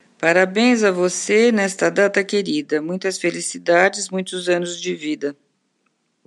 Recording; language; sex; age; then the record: short text; Brazilian Portuguese; female; 60 to 69 years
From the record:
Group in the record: control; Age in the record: 69 years